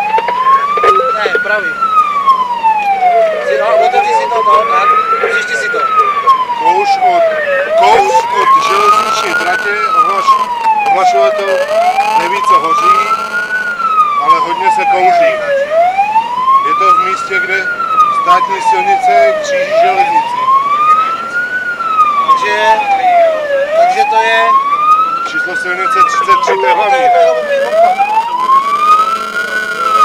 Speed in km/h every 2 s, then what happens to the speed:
41, 41, 42, 42, 42, 40, 38, 34, 37, 42, 49, 52, 50, 46, 39.
0-6 steady at about 41. 6-15 slows to 34. 15-23 speeds up to 52. 23-30 slows to 39.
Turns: none.